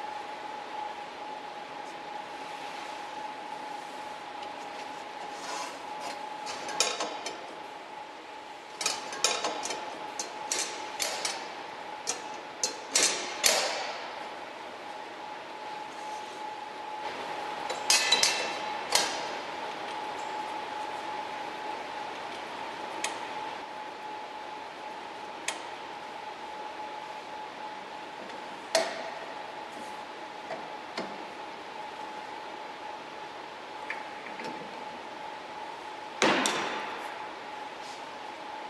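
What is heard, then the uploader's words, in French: A blade being changed, with a steady mid-pitched hum running the whole time over a soft hiss. Sharp metallic clicks and clattering handling noises arrive in scattered bursts, busiest from about 7 to 19 seconds, then sparser, with a last loud click near 36 seconds. Changement de lame INRS 2009.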